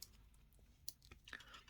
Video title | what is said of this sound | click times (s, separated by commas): Sugess 🐼 Best Day-Tona Homage from Aliexpress?? Auto chrono - Full review - The Watcher | It's a very nice and satisfying click, | 0.9 s